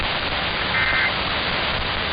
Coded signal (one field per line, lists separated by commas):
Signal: Emergency Alert System (SAME) tones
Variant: end-of-message bursts